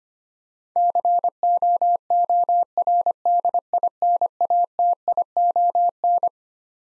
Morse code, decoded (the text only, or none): COORDINATION